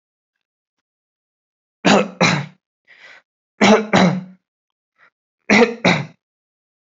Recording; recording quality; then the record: shallow voluntary cough; excellent, no background noise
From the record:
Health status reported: healthy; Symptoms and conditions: none ticked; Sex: male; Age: 25 years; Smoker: not ticked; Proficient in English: yes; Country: India